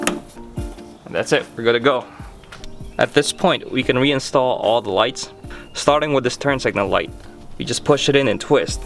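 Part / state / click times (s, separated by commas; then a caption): plastic push clip into fender panel hole / seated / 0.1 s. A new plastic push clip is pressed into its hole in the fender panel of a Tacoma truck during a headlight replacement, giving one sharp snap at 0.1 s as it seats. Someone then talks over faint background music.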